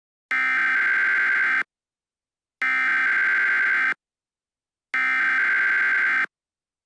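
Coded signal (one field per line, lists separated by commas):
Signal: Emergency Alert System (SAME) tones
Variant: header bursts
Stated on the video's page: Fictional EAS scenario, a homemade simulated alert.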